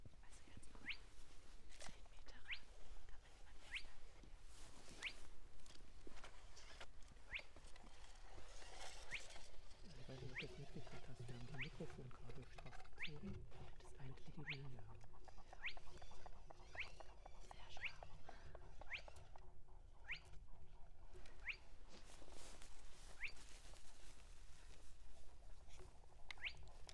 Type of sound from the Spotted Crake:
song